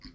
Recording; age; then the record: pig call; piglet (1 to 25 days)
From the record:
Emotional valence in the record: positive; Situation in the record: reunion after long isolation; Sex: female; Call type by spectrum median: low-frequency call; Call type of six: low-frequency tonal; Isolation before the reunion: 8 minutes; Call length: 0.15 s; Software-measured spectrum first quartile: 175 Hz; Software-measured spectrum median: 1241 Hz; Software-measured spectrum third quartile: 4330 Hz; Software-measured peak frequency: 263 Hz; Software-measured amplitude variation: 173 dB a second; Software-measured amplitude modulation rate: 10.2 a second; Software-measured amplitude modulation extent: 16.9 dB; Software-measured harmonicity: 7.2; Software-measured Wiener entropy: -2.71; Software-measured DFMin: 979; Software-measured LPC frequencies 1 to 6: 1468, 2070, 2996, 4318, 4763, 5100 Hz